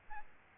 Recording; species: mosquito wingbeat signal from an infrared sensor; Aedes albopictus